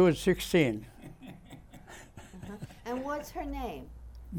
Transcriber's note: laughs